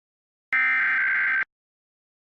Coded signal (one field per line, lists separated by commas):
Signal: Emergency Alert System (SAME) tones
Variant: header bursts